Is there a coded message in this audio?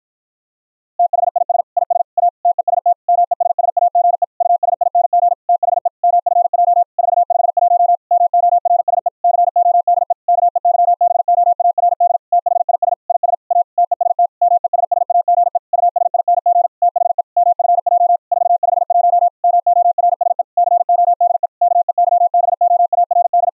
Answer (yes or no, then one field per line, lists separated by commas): yes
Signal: Morse code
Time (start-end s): 1.0-23.5 s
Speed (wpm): 53 wpm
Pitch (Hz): 700 Hz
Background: none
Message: THIS IS A TEST MESSAGE USING THE MFJ 451 MORSE CODE KEYBOARD THIS IS A TEST MESSAGE USING THE MFJ 451 MORSE CODE KEYBOARD